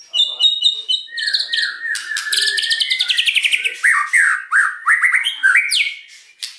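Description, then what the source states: White-rumped shama singing a dense run of varied whistles, rapid chattering trills and slurred downward notes, nearly continuous and loud throughout. Lure song (pancingan) meant to provoke an immediate response from other birds; bird described as gacor, singing actively and often.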